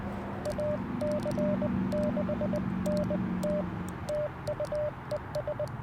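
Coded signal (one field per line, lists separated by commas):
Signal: Morse code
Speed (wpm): 20 wpm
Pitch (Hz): 590 Hz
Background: radio noise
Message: AC6NT TUES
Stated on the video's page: QRP CW Parks on the Air activation with FX-4CR radio, Alex Loop Ham Pack antenna and Modern Morse Nameless key.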